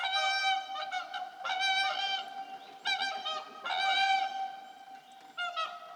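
Whooper swan honks, loud brassy notes in several bursts.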